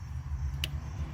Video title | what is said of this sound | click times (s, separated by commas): 2002 Mustang GT radiator fan replacement | it snaps in so there you are you're in there and now | 0.6 s